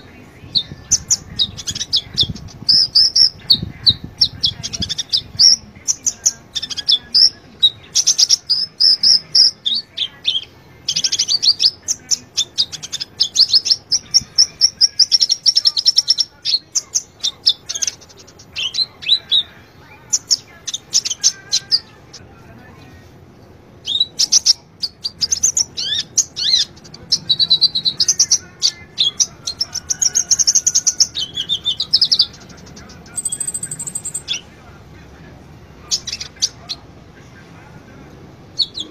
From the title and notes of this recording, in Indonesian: Master Kolibri Ninja Gacor. Suara burung.